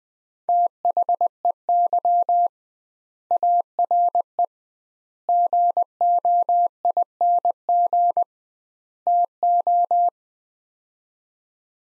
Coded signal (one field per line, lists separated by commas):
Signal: Morse code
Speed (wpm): 20 wpm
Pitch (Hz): 700 Hz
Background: none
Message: THEY ARE GOING TO